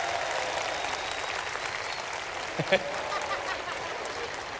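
Steady applause from a crowd at Franco Escamilla's show Payaso, for an audience member who stood up, a dense wash of many hands clapping at an even level throughout, with a couple of brief louder claps or shouts poking out near the middle.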